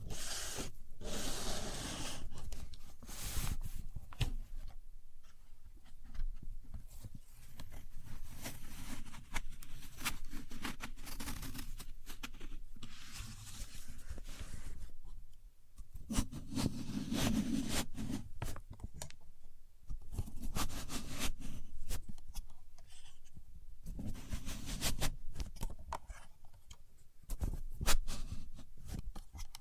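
A contour gauge being handled. Its pins make repeated scraping, clicking and rattling bursts, irregular and dense, with the brightest flurries near the start, around 17 seconds and near 26 seconds. Quieter gaps with a low hum fall between the bursts.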